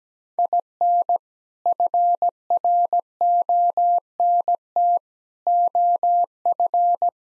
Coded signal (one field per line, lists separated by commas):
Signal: Morse code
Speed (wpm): 17 wpm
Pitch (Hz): 700 Hz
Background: none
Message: IN FRONT OF